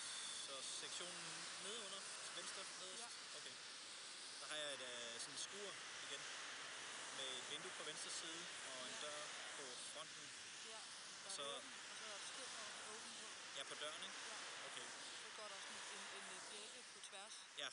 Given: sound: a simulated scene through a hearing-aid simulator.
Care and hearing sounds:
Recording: conversation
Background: traffic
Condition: 0 dB SNR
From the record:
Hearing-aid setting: II (fast-acting compression, audibility-based gain, advanced features for about 2.5 dB of SNR improvement)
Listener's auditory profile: B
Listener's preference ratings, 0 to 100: 67, 69, 80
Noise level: 75 dB SPL

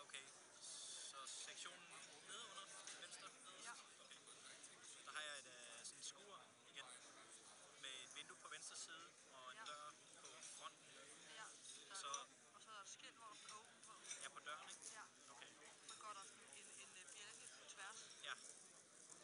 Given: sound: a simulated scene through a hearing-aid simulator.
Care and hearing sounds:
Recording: conversation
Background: cafeteria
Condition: 0 dB SNR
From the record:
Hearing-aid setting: IV (slow-acting compression, loudness normalization)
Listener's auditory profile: C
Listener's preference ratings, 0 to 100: 51, 29, 17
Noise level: 65 dB SPL

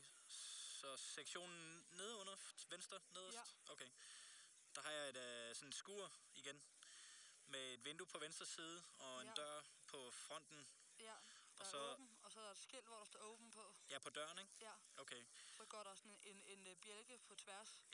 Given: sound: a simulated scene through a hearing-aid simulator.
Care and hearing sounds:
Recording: conversation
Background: quiet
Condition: 65 dB SPL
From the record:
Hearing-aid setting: II (fast-acting compression, audibility-based gain, advanced features for about 2.5 dB of SNR improvement)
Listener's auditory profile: C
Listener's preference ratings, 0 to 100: 84, 83, 72

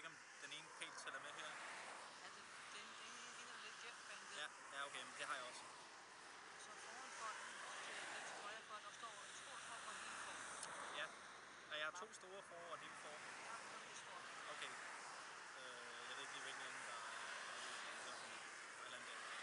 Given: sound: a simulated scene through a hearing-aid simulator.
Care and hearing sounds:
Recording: conversation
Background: traffic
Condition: -4 dB SNR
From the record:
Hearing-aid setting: IV (slow-acting compression, loudness normalization)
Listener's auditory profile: A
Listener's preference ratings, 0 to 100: 53, 52, 44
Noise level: 75 dB SPL

